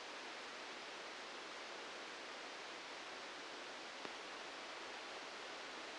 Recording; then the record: brain microelectrode recording played as sound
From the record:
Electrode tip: outside the subthalamic nucleus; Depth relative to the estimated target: 3 mm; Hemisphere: left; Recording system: NeuroSet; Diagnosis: Parkinson's disease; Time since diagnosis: 19 years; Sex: female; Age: 69 years